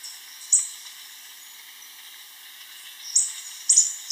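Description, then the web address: Rufous-rumped Antwren call: one sharp high note, then a quick cluster of several thin high notes near the end, over steady insect buzzing. Ecuador. "Birds of Ecuador Rufous-rumped Antwren"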